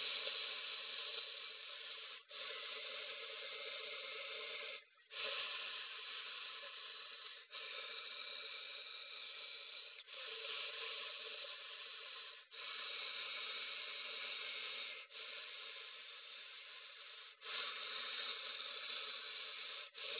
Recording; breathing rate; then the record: paced breathing near a phone; 12 breaths a minute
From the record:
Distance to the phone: 20 cm